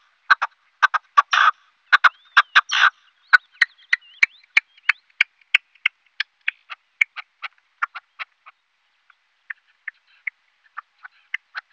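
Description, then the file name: Partridge calling: clusters of short clucks, some ending in a longer harsh note, rapid at first, then thinning into single sharp clucks spaced further apart. "Perdiz"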